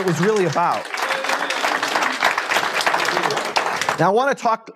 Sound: applause